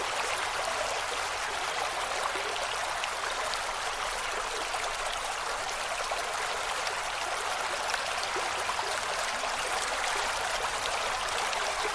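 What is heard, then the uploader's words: Water trickles and splashes steadily, a dense, continuous patter of small drops and rivulets with no pauses over the twelve seconds. The sound sits bright and hissy, with little low rumble, and stays even in level throughout. Soothing Waterfall Sounds. Its a very slow, calm, trickling water effect that is absolutely amazing.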